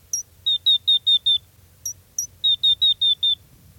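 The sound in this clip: Gray's lark calls: one or two high notes then a run of five steady whistled notes, the pattern given twice.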